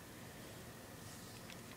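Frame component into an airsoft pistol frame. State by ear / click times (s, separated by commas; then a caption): not seated / none. A frame component is being handled and pressed down onto a KWA M93R II airsoft pistol frame after the pin has been pushed through, during frame assembly. Steady broadband hiss fills the clip, with one brief, faint tick around 1.5 s. Nothing has seated or snapped into place yet.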